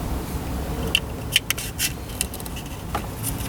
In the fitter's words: do now is slide the connector shell back over you'll hear these two locking tabs snap into place